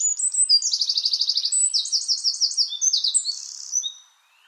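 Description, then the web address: Bird delivering a quick high song: thin chirps, then a fast pulsing trill and bright repeated notes, ending after about four seconds. "Bird Only"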